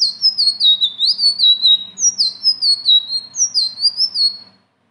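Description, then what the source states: Leafbird delivering a continuous rolling stream of high, bright whistles, each sliding down in pitch, repeated several times a second before fading out. Song described as gacor (singing constantly) and ngeroll (rolling delivery) with isian (filler phrases); notes call it masteran, a tutor song.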